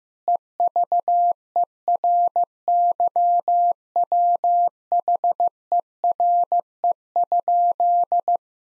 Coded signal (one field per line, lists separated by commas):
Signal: Morse code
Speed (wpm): 15 wpm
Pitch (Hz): 700 Hz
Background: none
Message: EVERYWHERE?